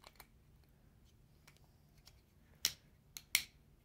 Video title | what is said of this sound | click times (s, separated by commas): Upgrading of your dollar store power bank using 1860s cell for superior power and runtime! | and there you go it's just snapped into place | 2.7 s, 3.4 s